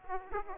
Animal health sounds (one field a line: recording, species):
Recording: mosquito wingbeat signal from an infrared sensor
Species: Aedes aegypti